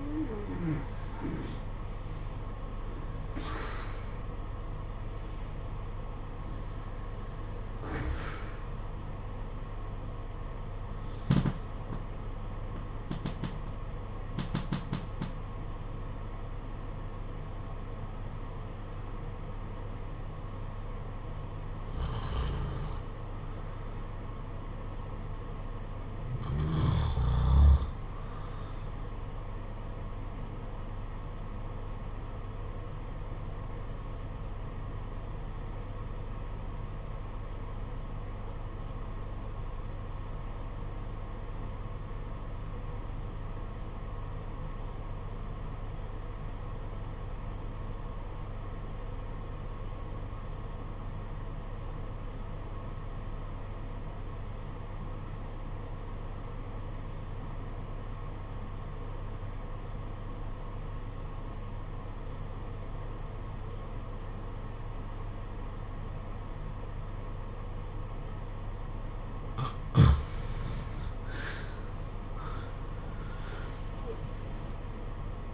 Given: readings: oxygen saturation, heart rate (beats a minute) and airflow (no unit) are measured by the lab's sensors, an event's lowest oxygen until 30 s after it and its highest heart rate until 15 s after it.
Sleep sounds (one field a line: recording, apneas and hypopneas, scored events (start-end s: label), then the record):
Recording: breathing in sleep by a smartphone at the bedside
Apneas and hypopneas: 1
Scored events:
31.00-71.10 s: obstructive apnea (REM, oxygen 96% highest, then 73% lowest, heart rate 55 at the start, 91 highest)
From the record:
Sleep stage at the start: REM sleep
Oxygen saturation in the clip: 72 to 96%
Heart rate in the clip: 48 to 69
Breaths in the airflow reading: 9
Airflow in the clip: -9.3 to 14.1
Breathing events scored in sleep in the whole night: 476 in 9.7 hours asleep